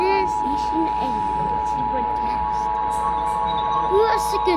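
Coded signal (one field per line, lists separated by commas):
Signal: Emergency Alert System (SAME) tones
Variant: 853 and 960 Hz attention tone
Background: speech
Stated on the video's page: Simulated EAS scenario from a game.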